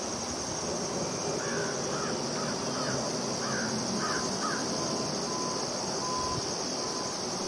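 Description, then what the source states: Crickets in a steady, high, unbroken trill throughout, with a run of short bird calls from about one and a half to five seconds and a few faint whistled notes after. Forest ambience with birds and crickets.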